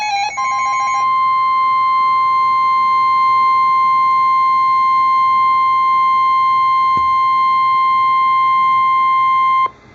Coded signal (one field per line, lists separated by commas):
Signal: Emergency Alert System (SAME) tones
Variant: 1050 Hz attention tone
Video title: Special Marine Warning (EAS #462)